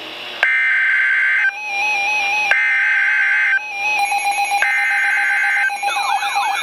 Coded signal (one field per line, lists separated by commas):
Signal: Emergency Alert System (SAME) tones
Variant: header bursts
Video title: Tornado Warning #3 - 10/03/13 (EAS #562)